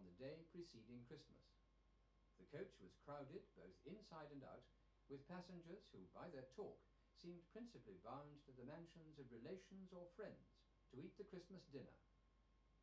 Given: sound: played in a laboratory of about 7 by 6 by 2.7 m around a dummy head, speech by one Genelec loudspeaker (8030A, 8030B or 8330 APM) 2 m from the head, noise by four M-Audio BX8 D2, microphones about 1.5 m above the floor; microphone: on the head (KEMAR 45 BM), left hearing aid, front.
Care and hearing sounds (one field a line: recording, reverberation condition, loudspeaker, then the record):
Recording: male speech in English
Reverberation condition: low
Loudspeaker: 60 degrees to the right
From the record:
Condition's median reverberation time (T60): about 310 ms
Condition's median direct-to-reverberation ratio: about 3.5 dB